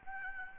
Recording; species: mosquito wingbeat signal from an infrared sensor; Aedes albopictus